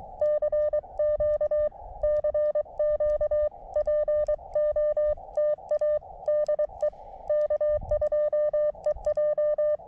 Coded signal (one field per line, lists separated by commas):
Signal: Morse code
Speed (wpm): 22 wpm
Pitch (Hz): 600 Hz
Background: none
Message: CQ CQ POTA DE K2EJ